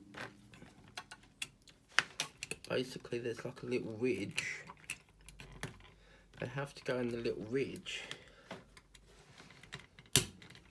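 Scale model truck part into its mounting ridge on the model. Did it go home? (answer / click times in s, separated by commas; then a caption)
yes / 10.2 s. Someone talks while handling a part from a 1:12 scale Eddie Stobart truck model kit, with light plastic taps and clicks throughout. The part is pushed into a small ridge on its mating part and seats with a sharp click at 10.2 s, which shows it has gone in.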